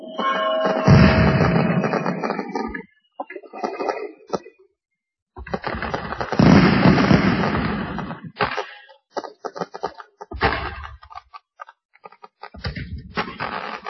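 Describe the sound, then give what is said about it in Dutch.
Fireworks for a birthday celebration go off in several loud, crackling bursts separated by short silences, with a thin whistling tone during the first burst and a fizzing, sputtering tail to each explosion. “Ja, dit is even lekker vuurwerk voor hem.”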